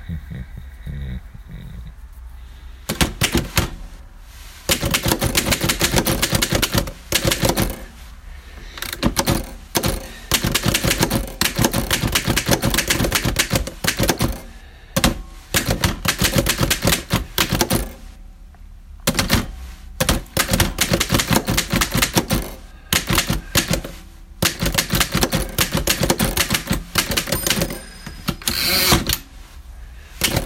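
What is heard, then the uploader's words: A typewriter clatters through a letter, its keys striking in quick, dense runs broken by short pauses. Bursts start around three seconds and continue with brief gaps near 15 and 19 seconds, crisp, with occasional carriage or bell sounds. The Soothing Sound of Typing a Letter.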